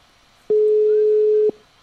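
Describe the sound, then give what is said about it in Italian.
A phone line ringing tone during a live call placed by a Radio ZM radio show: a single steady, mid-pitched beep lasting about a second, loud and clean over faint line hiss, with no voices. “Squilla.”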